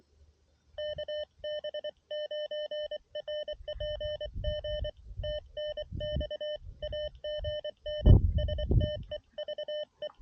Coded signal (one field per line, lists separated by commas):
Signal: Morse code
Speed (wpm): 24 wpm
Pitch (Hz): 600 Hz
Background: none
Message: KB9RPG TNX AGN STEVE